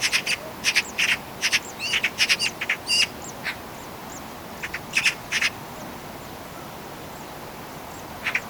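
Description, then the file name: Eurasian magpie harsh, rasping chatter in short irregular bursts of clicks, with faint thin bird whistles and a steady hiss of background noise throughout. "Pica pica"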